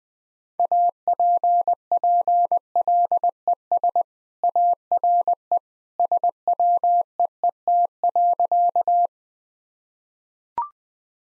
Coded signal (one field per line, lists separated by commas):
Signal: Morse code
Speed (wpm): 20 wpm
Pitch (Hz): 700 Hz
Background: none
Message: APPLES ARE SWEET.